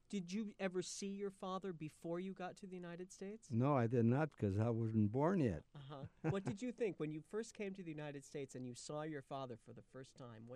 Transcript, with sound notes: Did you ever see your Father before you got to the United States?
No, I did not because I wasn't born yet. [Laughs]
What did you think when you first came to The United States and you saw your Father for the first time?